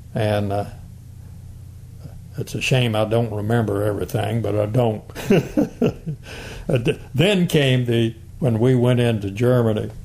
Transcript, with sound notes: and…it’s a shame I don’t remember everything but I don’t [Chuckling] I d…then came the, when we went into Germany,